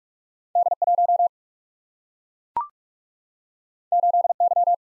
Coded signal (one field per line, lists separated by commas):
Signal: Morse code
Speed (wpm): 42 wpm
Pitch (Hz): 700 Hz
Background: none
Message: D1 8Y